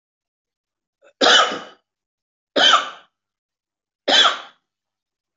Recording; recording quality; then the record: heavy voluntary cough; excellent, no background noise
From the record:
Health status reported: healthy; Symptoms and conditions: cold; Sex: male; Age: 37 years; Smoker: yes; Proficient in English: yes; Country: India